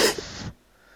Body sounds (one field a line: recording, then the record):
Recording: coughing mixed with background sound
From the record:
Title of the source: 55 gaggy wet cough